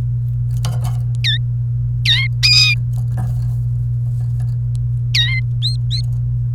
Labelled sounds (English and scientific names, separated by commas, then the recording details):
Domestic Canary (Serinus canaria) song
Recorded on 28 April 2018 at 16:36
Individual llb3